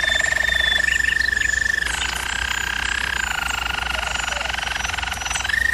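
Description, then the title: German Roller canary song: a fine whistled roll, then a deeper rattling trill for several seconds before the higher roll returns; low hum beneath. German Roller canary singing, for canary training. "German Roller Canary Singing - Canary Training Vid"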